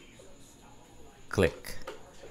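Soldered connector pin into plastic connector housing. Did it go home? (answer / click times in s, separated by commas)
yes / 1.9 s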